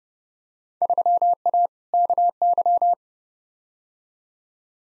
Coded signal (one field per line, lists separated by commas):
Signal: Morse code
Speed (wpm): 31 wpm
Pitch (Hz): 700 Hz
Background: none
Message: 3A KY